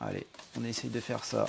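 Someone talks while handling the foam wing of a T2M SkyTrainer RC trainer plane, which has a fiberglass wing key, as it is about to be clipped onto the fuselage with its mounting system. Only soft handling sounds are heard under the voice, and nothing has seated or clicked yet.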